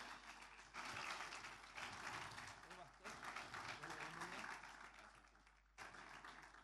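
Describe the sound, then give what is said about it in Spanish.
A church audience at a conference service applauds in praise of the Lord in a loud, sustained burst of dense clapping that swells and holds steady, with a brief dip near the end before the clapping resumes; voices murmur faintly underneath. “y de esta forma entonces nosotros damos un fuerte aplauso de alabanza al Señor.”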